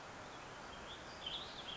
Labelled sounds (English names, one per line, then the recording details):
Western Tanager
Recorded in Sonoma County, California